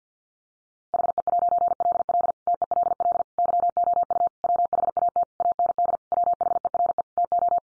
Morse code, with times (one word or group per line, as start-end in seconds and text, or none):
0.9-2.3 HE'LL
2.5-3.2 TELL
3.4-4.3 YOU
4.4-5.2 WHAT
5.4-6.0 AND
6.1-7.0 WHERE
7.2-7.6 TO